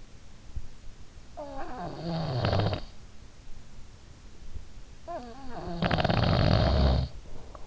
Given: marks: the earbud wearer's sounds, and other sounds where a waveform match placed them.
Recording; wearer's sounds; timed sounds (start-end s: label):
sounds in sleep by an in-ear microphone; snoring breath
0.55-3.61 s: snoring breath
5.01-7.67 s: snoring breath